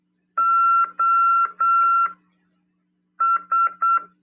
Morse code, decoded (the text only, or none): OS